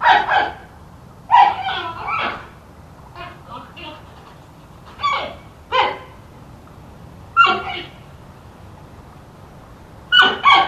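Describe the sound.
Giant panda uttering irregular bleats and softer whining notes, some calls doubled or tripled, with pauses of a second or more between bursts.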